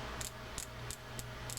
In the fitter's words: You can hear that click, which means that that little rocket spring made it through.